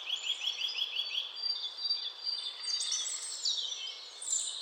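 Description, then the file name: Great tit calling, a quick run of short rising notes, then other bird sounds over a noisy background. "Parus major"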